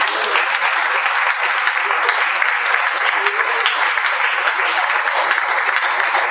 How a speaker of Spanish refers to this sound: Voy a dar un aplauso al Señor.